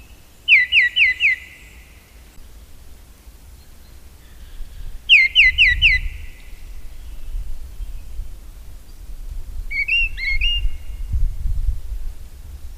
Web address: agykontroll Madardalok Cd 1. Léprigó